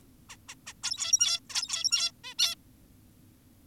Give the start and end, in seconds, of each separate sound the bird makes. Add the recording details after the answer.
0.30-0.37, 0.48-0.55, 0.67-0.73, 0.83-1.40, 1.50-2.12, 2.24-2.34, 2.39-2.55. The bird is an adult. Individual g17y2U